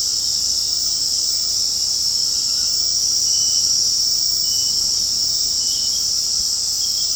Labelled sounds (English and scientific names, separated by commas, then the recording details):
none
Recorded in secondary vegetation near Puerto Asís, Putumayo, Colombia, on 18 February 2024 at 21:00
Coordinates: 0.489, -76.322
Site G6419